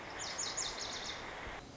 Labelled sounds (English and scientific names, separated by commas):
Lazuli Bunting (Passerina amoena)